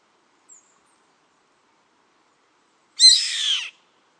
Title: LuckyPassaro Completos2Sama. Yellow-headed Caracara (Milvago chimachima)